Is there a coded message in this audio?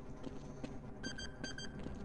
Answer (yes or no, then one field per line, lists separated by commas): no